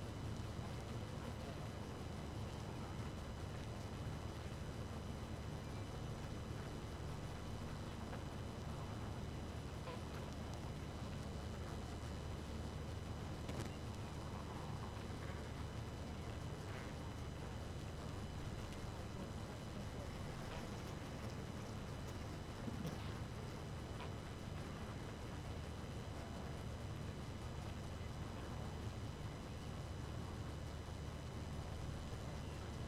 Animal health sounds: honeybee colony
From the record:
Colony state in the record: active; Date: 12 June 2018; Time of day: 2:47

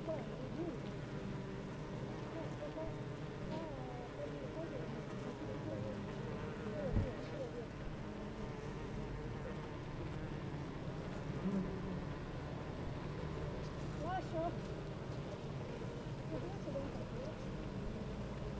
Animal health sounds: honeybee colony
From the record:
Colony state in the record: active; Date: 28 July 2017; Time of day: 8:39

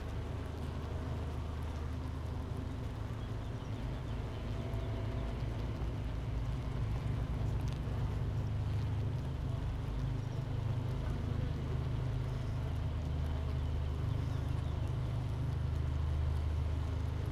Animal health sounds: honeybee colony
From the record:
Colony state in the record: missing queen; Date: 31 May 2018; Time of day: 9:59

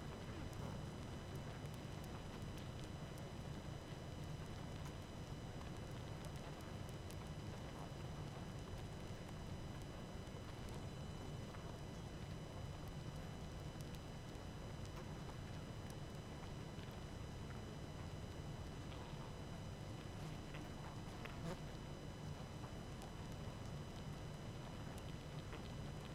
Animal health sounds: honeybee colony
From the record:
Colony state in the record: active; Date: 12 June 2018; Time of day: 18:44

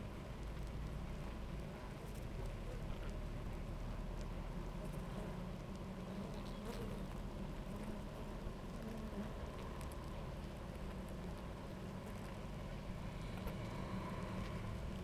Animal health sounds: honeybee colony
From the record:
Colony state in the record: active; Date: 28 July 2017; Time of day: 11:05

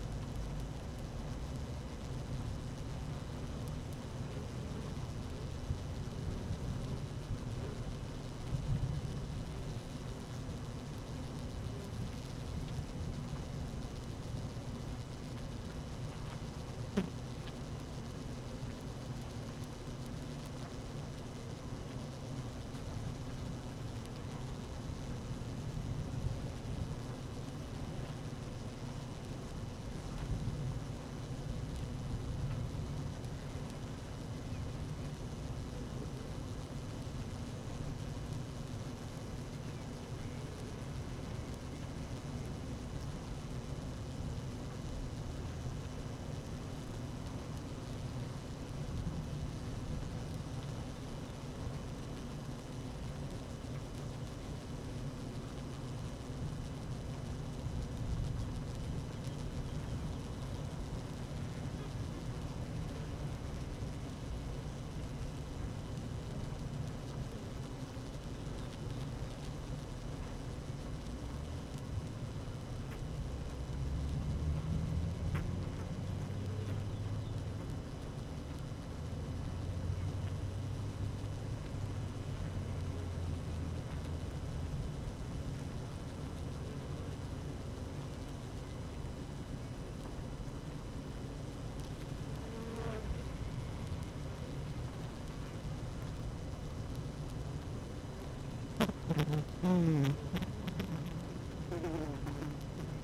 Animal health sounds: honeybee colony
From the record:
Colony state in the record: active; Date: 12 June 2018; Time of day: 12:36

